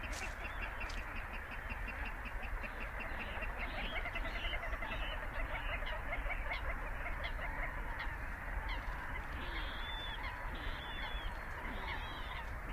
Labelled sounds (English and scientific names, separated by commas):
Little Crake (Porzana parva)